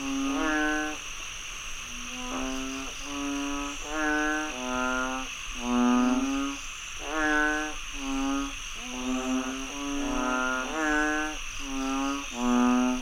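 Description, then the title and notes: Many frogs croaking in quick overlapping nasal calls, a busy chorus over a constant high-pitched insect drone. Frogs croaking after heavy rainfall in Chiang Mai, Thailand. "Frogs croaking after heavy rainfall in Chiang Mai, Thailand. Alex Boyesen"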